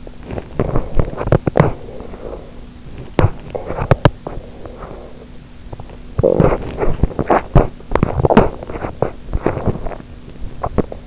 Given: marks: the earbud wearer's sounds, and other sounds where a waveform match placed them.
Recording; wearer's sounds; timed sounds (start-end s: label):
sounds in sleep by an in-ear microphone; teeth grinding, breath
0.00-1.86 s: teeth grinding
1.86-2.84 s: breath
2.86-4.29 s: teeth grinding
4.29-6.05 s: breath
6.05-11.07 s: teeth grinding